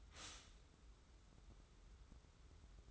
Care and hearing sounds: daily activity, microphone in the room; stop toaster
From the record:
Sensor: 3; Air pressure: 994.4 hPa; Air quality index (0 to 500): 202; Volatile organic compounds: 1000 ppm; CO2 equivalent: 6717 ppm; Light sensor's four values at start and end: 197/474/200/199 and 177/424/178/175

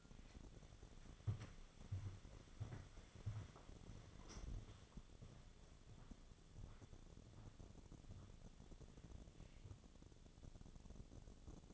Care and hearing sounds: daily activity, microphone in the room; walk to room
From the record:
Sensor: 4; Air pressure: 1000.8 hPa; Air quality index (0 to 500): 120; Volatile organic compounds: 1 ppm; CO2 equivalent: 912 ppm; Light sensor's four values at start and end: 59/146/62/69 and 60/148/62/70

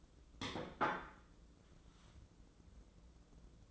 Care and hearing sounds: daily activity, microphone in the room; place plate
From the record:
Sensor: 3

